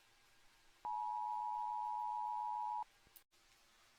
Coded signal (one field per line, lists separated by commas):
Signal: Emergency Alert System (SAME) tones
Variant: 853 and 960 Hz attention tone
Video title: SCP V11 Containment Breach EAS Scenario Part 1